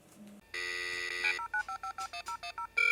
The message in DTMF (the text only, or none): 095551010